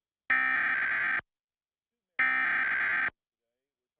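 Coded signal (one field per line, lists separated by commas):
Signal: Emergency Alert System (SAME) tones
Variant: header bursts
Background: speech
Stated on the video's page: Arizona Law Enforcement Warning alert of the Emergency Alert System, caught on television subchannels.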